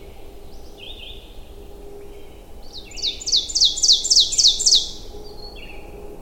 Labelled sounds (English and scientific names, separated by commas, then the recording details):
Ovenbird (Seiurus aurocapilla) song
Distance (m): 5 m
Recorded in boreal forest in Alberta, Canada, on 22 June 2016 at 05:37
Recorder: SongMeter 3, array SBT-6-76
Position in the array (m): 150 m, 110 m
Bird 3